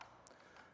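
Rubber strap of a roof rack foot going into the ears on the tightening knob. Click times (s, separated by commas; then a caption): 0.3 s. The rubber strap on a foot of an Inno Aero Flush Roof Rack for Raised Rails, being installed on a 2020 Toyota RAV4, is pulled up into the two ears on the foot's tightening knob. A short, sharp snap is heard at 0.3 s against low background noise, and the strap is seated in place.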